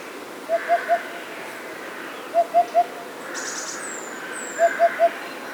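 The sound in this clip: Eurasian hoopoe song: soft hollow triple hoots, 'oop-oop-oop', repeated about every two seconds; faint high whistles in the background.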